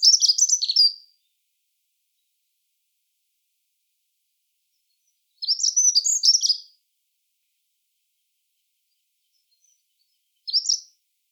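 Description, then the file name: Dunnock singing three high, squeaky warbling bursts, the first two about a second long and spaced several seconds apart, the last a very short fragment. "chant accenteur mouchet"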